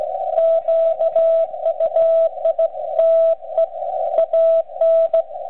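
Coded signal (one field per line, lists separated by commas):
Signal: Morse code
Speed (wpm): 16 wpm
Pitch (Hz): 660 Hz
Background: radio noise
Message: QUITE AN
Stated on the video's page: Ragchew on 80 m using straight keys and bugs, received on ICOM IC-746 Pro and recorded with an RCA pocket voice recorder.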